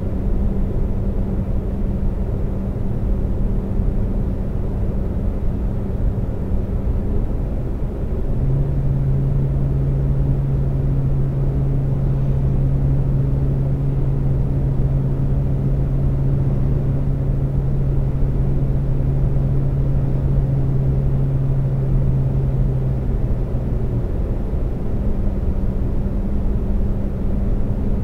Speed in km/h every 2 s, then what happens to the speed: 132, 132, 130, 130, 130, 130, 132, 132, 132, 132, 132, 134, 132, 132.
0-28 steady at about 132.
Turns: none.